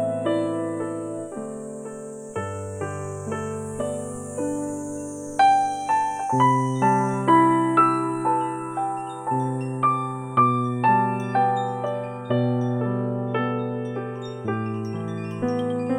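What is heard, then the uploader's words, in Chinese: Soft piano plays slow, low chords that change every second or two, with a steady pulse of notes growing clearer after about five seconds. A thin, high cicada whine hangs faintly above the music throughout. 最喜蝉鸣。轻柔的琴声，和动听的蝉鸣声。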